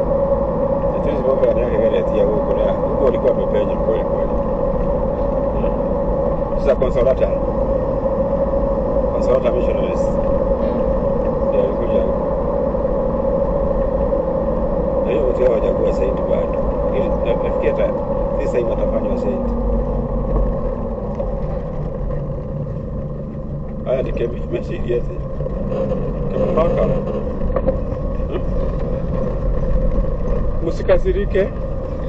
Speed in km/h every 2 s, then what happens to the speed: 58, 57, 58, 57, 59, 59, 59, 59, 58, 53, 41, 18, 12, 13, 18, 16.
0-17 steady at about 58. 17-23 brakes to 12. 23-32 steady at about 13.